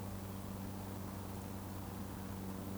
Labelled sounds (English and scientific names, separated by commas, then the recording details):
Eurasian Woodcock (Scolopax rusticola) whistle
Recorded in Baden-Württemberg, Germany, on 23 June 2020 at 20:28 UTC
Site 14569, 102 m above sea level